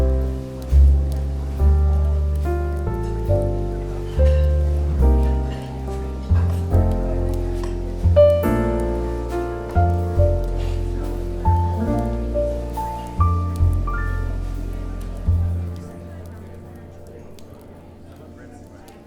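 Smooth jazz plays, with soft struck chords over a deep, rounded bass line that moves every second or two at an unhurried pace. A faint crackling hiss sits underneath. Near fifteen seconds the playing stops and the last chord slowly fades away.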